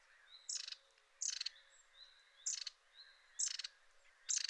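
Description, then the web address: Long-tailed tit giving five short rattling bursts, each starting with a thin high note, about a second apart. Recorded 6 April 2021. "2021 04 06-staartmees"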